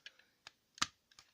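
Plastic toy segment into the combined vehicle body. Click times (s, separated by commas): 0.8 s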